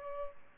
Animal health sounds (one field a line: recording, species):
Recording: mosquito wingbeat signal from an infrared sensor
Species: Culex pipiens